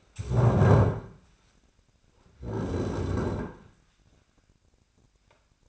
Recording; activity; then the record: daily activity, microphone in the room; stand up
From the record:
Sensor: 2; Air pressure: 1009.2 hPa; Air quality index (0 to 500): 173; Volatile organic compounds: 2 ppm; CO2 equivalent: 1262 ppm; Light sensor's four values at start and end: 40/107/45/50 and 39/102/43/47